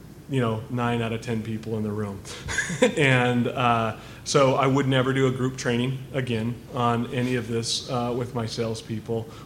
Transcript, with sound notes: you know, nine out of ten people in the room. [Laughs] And so I would never do a group training again on any of this with my sales people.